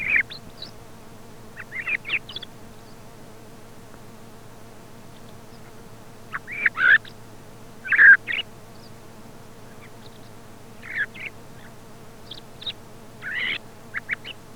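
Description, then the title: Thrush song in short, scattered bursts of high, rasping and chirping notes with gaps between them, over a steady low electrical hum. Commercial lure recording sold in Càlig for use in parany bird trapping. "Canto Del Tordo"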